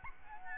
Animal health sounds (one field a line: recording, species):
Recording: mosquito wingbeat signal from an infrared sensor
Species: Aedes albopictus